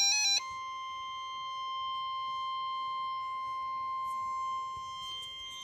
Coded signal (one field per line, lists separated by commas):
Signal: Emergency Alert System (SAME) tones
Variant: 1050 Hz attention tone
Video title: My favorite EAS alerts of 2017 (late new years special)